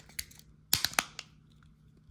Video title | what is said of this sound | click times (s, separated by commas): HIGHLANDER / RAV4 / CAMRY And More Remote Key Battery Change - Key Fob Battery DIY UNDER 90 SECONDS | you'll hear it snap fit everything looks good on the side | 0.7 s, 1.0 s